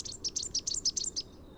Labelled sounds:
Rufous-capped Warbler song
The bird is a female
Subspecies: rufifrons
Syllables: 12
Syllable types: 3
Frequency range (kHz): 2.4-8.8 kHz
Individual YA-BSN-F

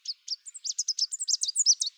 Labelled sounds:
Chestnut-capped Warbler song
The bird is a male
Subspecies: delattrii
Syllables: 15
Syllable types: 7
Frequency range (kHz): 3.3-8.9 kHz
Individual CR-SOBB-M

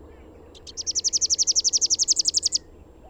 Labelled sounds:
Rufous-capped Warbler song
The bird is a male
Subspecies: rufifrons
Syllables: 23
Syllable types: 3
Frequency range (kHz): 3.1-7.8 kHz
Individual YA-RNS-M

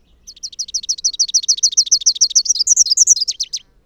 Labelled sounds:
Rufous-capped Warbler song
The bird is a male
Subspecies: rufifrons
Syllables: 40
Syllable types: 5
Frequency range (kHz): 2.0-7.0 kHz
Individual MO-NNS-M

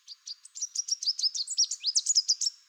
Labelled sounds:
Chestnut-capped Warbler song
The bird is a male
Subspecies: delattrii
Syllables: 18
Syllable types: 14
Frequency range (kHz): 3.1-8.8 kHz
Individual CR-NOYS-M

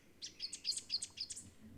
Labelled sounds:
Rufous-capped Warbler song
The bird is a female
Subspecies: rufifrons
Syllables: 9
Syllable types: 3
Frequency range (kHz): 2.4-8.3 kHz
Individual CS-R02-F

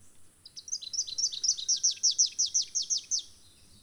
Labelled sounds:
Rufous-capped Warbler song
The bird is a male
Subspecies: rufifrons
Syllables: 27
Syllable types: 6
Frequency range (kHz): 2.1-6.5 kHz
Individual CS-WBBS-M

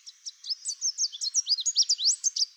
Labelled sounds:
Chestnut-capped Warbler song
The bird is a male
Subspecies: delattrii
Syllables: 17
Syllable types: 16
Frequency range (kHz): 3.1-8.1 kHz
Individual CR-SBOG-M

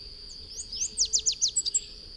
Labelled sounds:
Chestnut-capped Warbler song
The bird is a male
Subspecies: delattrii
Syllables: 10
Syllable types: 6
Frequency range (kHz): 3.0-8.5 kHz
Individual FV-D31-M

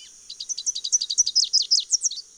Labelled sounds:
Rufous-capped Warbler song
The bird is a male
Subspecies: salvini
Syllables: 18
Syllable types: 5
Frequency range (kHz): 3.3-8.5 kHz
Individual VN-WSR-M

